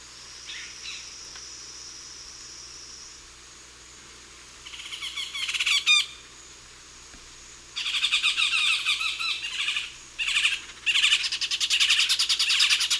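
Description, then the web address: Yellow-tufted woodpecker calls: a steady high tone early, then a short chatter near six seconds, then loud, fast rattling bursts from about eight seconds on. Eastern lowlands of South America. "ENTER Music and Audio. Nature Songs S America Eastern Lowlands. Yellow-tufted Woodpecker"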